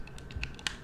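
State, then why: Seated. A Ringke Slim Fit frosted slim plastic case is fitted onto a Samsung Galaxy Z Flip folding phone. A series of small clicks builds to a louder snap at 0.7 s as the case seats.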